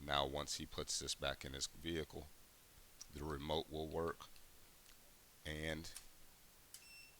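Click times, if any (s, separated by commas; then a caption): 6.7 s. Someone talks as a freshly programmed Mercedes-Benz key fob for a 2006 vehicle is put into the electronic ignition switch. A single sharp click sounds at 6.7 s, followed by a faint, brief high tone. The click shows the key has been accepted and will now start the vehicle.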